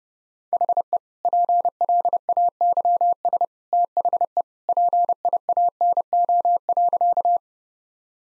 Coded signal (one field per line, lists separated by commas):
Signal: Morse code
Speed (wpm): 30 wpm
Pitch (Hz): 700 Hz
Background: none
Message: HE PLAYS THE PIANO.